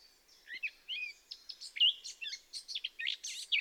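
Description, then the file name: Eurasian blackcap delivering a jumbled, scratchy warble with clear whistled notes mixed in, the phrase swelling in volume as it runs on. "Sylvia atricapilla"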